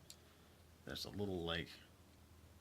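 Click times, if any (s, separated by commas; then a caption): 0.1 s. During the transformation of a Fans Toys FT-27 Spindrift toy robot, small plastic tabs are pressed into their slots on the toy's body panel, giving a short, sharp click at 0.1 s. Someone then talks over a quiet background. The tabs clip and seat into place.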